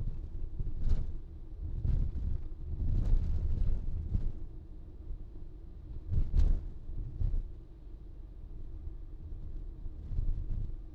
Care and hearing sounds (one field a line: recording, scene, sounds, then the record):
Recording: everyday scene through a hearing-aid microphone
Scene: in a vehicle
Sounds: engine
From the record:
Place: VW T5 Caravelle, diesel engine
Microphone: in the ear canal, right